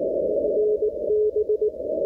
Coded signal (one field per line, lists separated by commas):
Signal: Morse code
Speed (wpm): 18 wpm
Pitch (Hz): 420 Hz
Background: radio noise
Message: NB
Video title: CW QRP 5 Watts QSO DL6FA with EI5KI 1100km to Dublin/Ireland Morse basic Telegrafie 24 WPM DOK F38